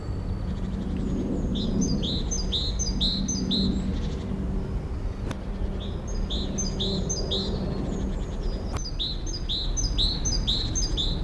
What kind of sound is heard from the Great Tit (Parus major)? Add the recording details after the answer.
call. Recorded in the wild. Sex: male. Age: adult. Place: Schloßpark Niederschönhausen, Berlin, DE. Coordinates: 52.58, 13.41. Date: 1994-04-17 11:30. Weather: heiter bis wolkig, 8 bis 10°C. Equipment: Marantz CP 430, Sennheiser ME 80, Kopie Uher Variocord 263. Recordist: Tembrock, Günter